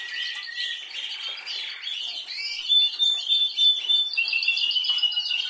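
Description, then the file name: Canary song: lively chirps and warbled notes, then fast repeated syllables that grow louder, in an unbroken flowing phrase. "Canary Voice"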